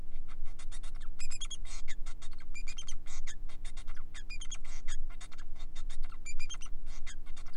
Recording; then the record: song of a male Bengalese finch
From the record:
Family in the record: son of father 4